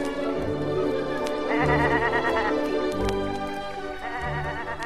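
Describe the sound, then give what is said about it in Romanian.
A goat bleats over and over in long, wavering, nasal calls that run together with barely a pause, while it plucks and eats roses in a garden. The cries are loud and shift in pitch, with no talking. “Ce-i cu capra asta blestemată care îmi jumulește trandafirii?”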